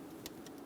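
The locking tab on the mass air flow sensor connector of a 2014-2018 Chevrolet Silverado 1500 5.3L V8 is pressed closed during an intake gasket replacement, making a small sharp click at 0.3 s. A fainter tick follows at about 0.5 s over a steady low hum. The connector lock is closed and locked on.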